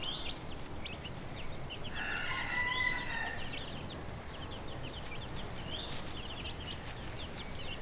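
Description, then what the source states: Chicken hen and chicks: a stream of high, downslurred chick peeps throughout, with a brief harmonic hen call near the middle, over steady low background rumble. Hen with her chicks, Brownsea Island.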